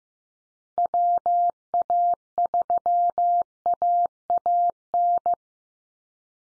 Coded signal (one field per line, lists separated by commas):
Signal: Morse code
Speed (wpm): 15 wpm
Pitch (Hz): 700 Hz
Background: none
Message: WA3AAN